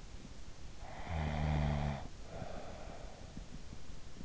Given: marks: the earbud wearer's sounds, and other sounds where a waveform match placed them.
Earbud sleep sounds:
sounds in sleep by an in-ear microphone; snoring breath
0.55-3.74 s: snoring breath

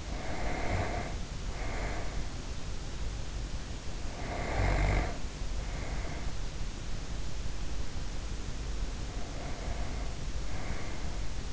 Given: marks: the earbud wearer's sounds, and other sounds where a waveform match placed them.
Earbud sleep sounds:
sounds in sleep by an in-ear microphone; snoring breath, breath
0.00-2.83 s: snoring breath
3.96-6.47 s: snoring breath
8.97-11.53 s: breath

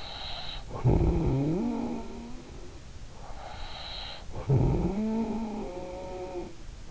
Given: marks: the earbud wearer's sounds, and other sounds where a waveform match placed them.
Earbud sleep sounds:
sounds in sleep by an in-ear microphone; snoring breath
0.28-3.08 s: snoring breath
3.82-6.91 s: snoring breath

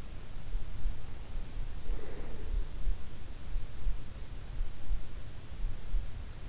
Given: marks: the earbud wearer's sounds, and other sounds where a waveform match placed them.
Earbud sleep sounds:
sounds in sleep by an in-ear microphone; breath
1.24-3.48 s: breath

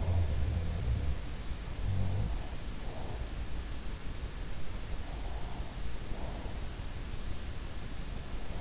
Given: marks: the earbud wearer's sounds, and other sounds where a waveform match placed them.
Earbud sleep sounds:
sounds in sleep by an in-ear microphone; breath
0.00-2.42 s: sound from someone else or the room
2.71-3.52 s: breath
4.79-6.80 s: breath

